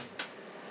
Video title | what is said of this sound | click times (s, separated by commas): My RC workbench got a HUGE addition! EWin racing Gaming chair! | And it locks just like that. | 0.2 s